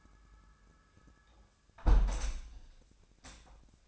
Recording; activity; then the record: daily activity, microphone in the room; close window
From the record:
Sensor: 2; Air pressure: 1000.3 hPa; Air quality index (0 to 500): 132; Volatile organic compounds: 2 ppm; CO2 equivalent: 1107 ppm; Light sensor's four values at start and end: 11/31/12/14 and 11/30/11/13